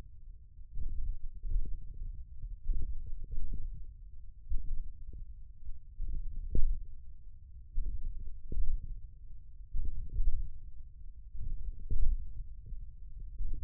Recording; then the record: forearm muscle sounds (acoustic myography)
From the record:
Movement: hand closing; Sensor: system 1, eight BSWA MPA416 microphones around the upper forearm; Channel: 6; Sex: male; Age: 28 years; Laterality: right